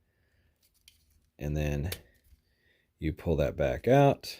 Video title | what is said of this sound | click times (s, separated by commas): Transformers War for Cybertron Earthrise Thrust | which allows you to pop this piece down because they all lock into place | 0.9 s